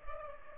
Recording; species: mosquito wingbeat signal from an infrared sensor; Culex pipiens